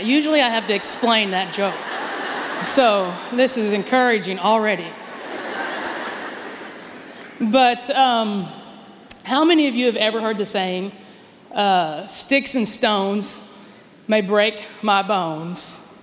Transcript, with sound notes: Usually I have to explain that joke. So, this is encouraging already! (laughter) How many of you have ever heard the saying, “Sticks and stones may break my bones,